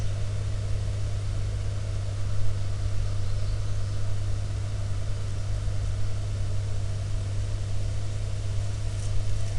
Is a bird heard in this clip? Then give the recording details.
yes. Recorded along the Dalton Highway, Alaska, on 29 May 2019 at 11:40. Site 01